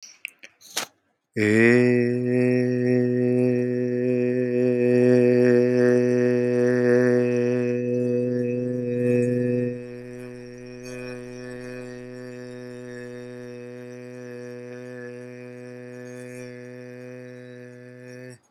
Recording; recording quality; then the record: sustained vowel as in made; excellent, no background noise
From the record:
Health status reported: healthy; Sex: male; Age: 29 years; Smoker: yes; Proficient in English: yes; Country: India